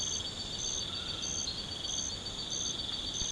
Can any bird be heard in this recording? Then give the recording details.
no. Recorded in pastures near Puerto Asís, Putumayo, Colombia, on 12 March 2025 at 03:00. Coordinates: 0.472, -76.329. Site G074